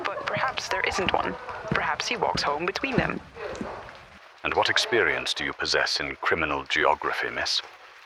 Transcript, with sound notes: But perhaps there isn’t one. Perhaps he walks home between them.
(You hear heavy footsteps. Someone else is approaching) And what experience do you possess in criminal geography, miss?